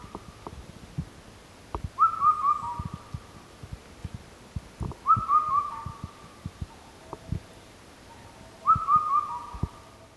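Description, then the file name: Indian cuckoo giving three whistled multi-note phrases, each ending in a sustained tone, roughly every three to four seconds, amid persistent clicking background sounds. Recorded 25 May 2017. "segurokakko 170525"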